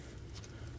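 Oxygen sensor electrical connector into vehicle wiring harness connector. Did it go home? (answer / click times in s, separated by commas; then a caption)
no / none. The new downstream oxygen sensor's plastic wiring connector is handled near its mating harness connector in the engine bay of a 2003-2006 Subaru Baja 2.5L H4. Brief handling ticks at about 0.2 s and 0.4 s rise over a low, steady rumble. Nothing has seated or clicked yet.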